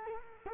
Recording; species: mosquito wingbeat signal from an infrared sensor; Culex quinquefasciatus